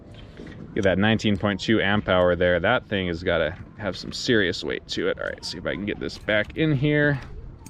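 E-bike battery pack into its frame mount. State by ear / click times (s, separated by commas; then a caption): not seated / none. Someone talks while handling the large 52 V, 19.2 Ah battery pack of a Juiced Bikes CityScrambler electric minibike, getting ready to slide it back into its frame mount. A few faint knocks are heard at the start and end. Nothing has seated or clicked yet.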